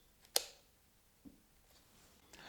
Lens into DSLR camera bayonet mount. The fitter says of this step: into the bayonet socket and then twisting it anti clockwise until it clicks.